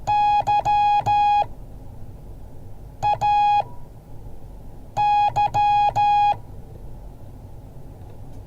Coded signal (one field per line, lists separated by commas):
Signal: Morse code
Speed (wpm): 14 wpm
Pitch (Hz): 830 Hz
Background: music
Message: YAY